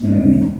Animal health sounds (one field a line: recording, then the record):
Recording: squeal of a Yucatan mini pig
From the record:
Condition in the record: after surgery on the right vocal fold (resection and tissue-engineered implant)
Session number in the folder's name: 5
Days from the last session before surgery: 33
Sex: female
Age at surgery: 19 weeks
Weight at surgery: 25 kg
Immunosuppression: prednisolone